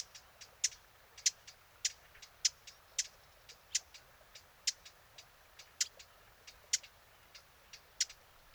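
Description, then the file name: Eurasian blackcap calling with a rapid run of hard tack clicks, some louder and some softer, against quiet hiss. "Sylvia atricapilla"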